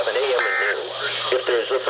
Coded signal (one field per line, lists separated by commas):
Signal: Emergency Alert System (SAME) tones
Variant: end-of-message bursts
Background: speech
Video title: KHB38, WXK97, and WXJ94 Required Weekly Tests (EAS #1,263-1,265)